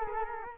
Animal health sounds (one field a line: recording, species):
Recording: mosquito wingbeat signal from an infrared sensor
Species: Culex quinquefasciatus